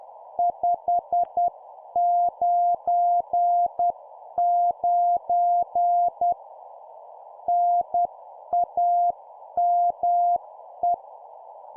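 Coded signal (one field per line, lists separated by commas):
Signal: Morse code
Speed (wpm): 10 wpm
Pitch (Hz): 700 Hz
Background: none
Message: 599 NAME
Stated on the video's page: 10 wpm CW practice of an example CQ contact for copy-speed training.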